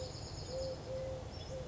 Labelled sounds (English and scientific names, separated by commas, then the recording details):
Chestnut-backed Chickadee (Poecile rufescens)
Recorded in Sonoma County, California